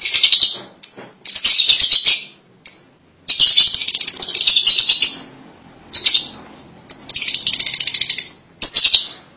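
Lovebird giving harsh, shrill chattering bursts separated by short pauses, with a few single sharp chirps between them.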